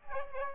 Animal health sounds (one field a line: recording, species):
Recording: mosquito wingbeat signal from an infrared sensor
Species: Aedes aegypti